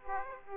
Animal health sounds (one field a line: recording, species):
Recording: mosquito wingbeat signal from an infrared sensor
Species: Aedes aegypti